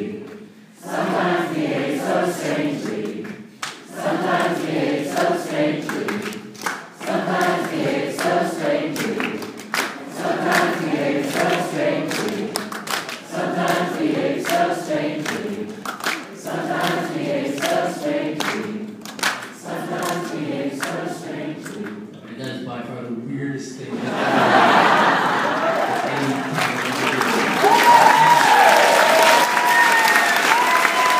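An audience breaks into song together, many voices singing in phrases of about three seconds with short pauses between them. Near the end, around the 24-second mark, the singing gives way to loud applause and cheering until the close.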